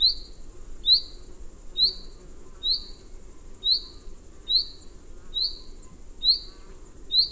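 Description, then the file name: Common chaffinch calling steadily, a clear, high note repeated roughly every second over faint background hiss. "Fringilla coelebs"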